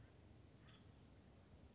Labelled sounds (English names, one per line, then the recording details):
Acorn Woodpecker
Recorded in Sonoma County, California